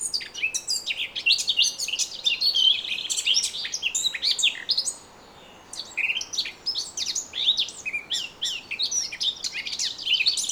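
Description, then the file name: Eurasian blackcap pouring out dense, chattering warbles, a short quiet gap halfway through, then more rapid twittering phrases. "Sylvia atricapilla"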